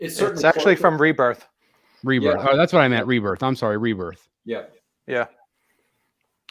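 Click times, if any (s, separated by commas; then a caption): 6.5 s. Someone talks while fitting a swappable chest emblem, a Rebirth-style emblem with gold around its outside edge, onto the chest of a Prime 1 Studio Batman Detective Comics 1000 1/3-scale statue, where it is held by strong magnets. After a pause, a sharp click at 6.5 s marks the magnetic emblem snapping firmly into place on the statue's chest.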